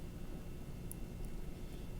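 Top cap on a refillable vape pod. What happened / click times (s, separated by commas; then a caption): The small plastic cap clicked into place / 0.9 s. The small plastic top cap of a Bo One by JWell refillable vape pod, from a 2017 starter kit, is pressed back onto the pod over a steady low rumble and hiss. A sharp, brief high click at 0.9 s marks the cap clicking into place, fully seated.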